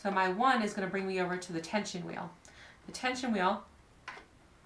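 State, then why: Seated. Thread is pulled over to a sewing machine's bobbin-winding tension disc while winding a bobbin and squeezed into place. Someone talks, then a small click is heard at 4.1 s as the thread seats in the tension guide.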